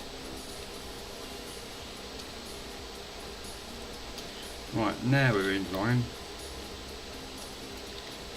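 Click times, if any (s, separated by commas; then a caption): none. A plastic shell half of an Xbox 360 AfterGlow game controller is being lined up by hand on the controller housing before the halves are pressed together. A steady background hiss runs throughout. Someone talks briefly around 4.8–6.0 seconds. Nothing has clicked or snapped into place yet.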